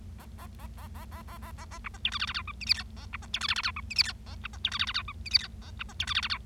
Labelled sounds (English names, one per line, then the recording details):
Bengalese Finch song
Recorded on 25 March 2012 at 09:30
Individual gy6or6